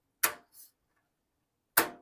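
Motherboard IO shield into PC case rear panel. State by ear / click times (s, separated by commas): seated / 0.2 s, 1.8 s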